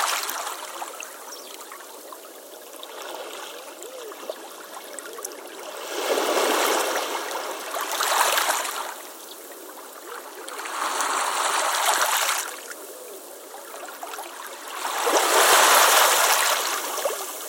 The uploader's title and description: Ambient Waves Over Pebbles in Creek. Ambient sounds of a gentle creek